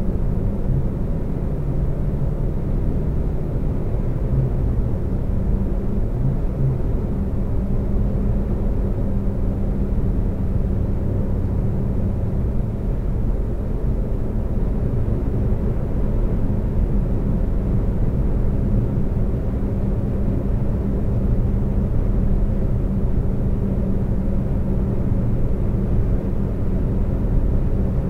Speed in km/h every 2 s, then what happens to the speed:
126, 127, 129, 129, 129, 129, 129, 130, 132, 132, 132, 132, 132, 132.
0-28 steady at about 129.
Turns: none.